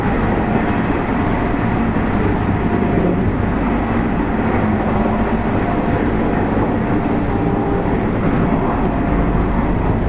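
A Nishitetsu 8000 series train heard from inside as it runs, a steady, dense rumble heavy in the low end that holds level for the whole stretch. Faint tonal whines float above the roar, with a fluttering rhythm from the wheels underneath.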